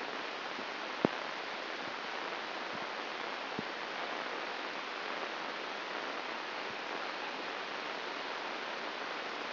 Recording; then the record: brain microelectrode recording played as sound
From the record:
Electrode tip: inside the subthalamic nucleus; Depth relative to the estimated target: 3 mm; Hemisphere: left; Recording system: AlphaMap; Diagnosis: Parkinson's disease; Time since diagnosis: 19 years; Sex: male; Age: 59 years